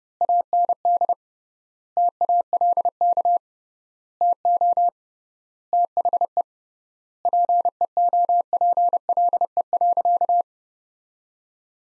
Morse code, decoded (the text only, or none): AND TALK TO THE PEOPLE.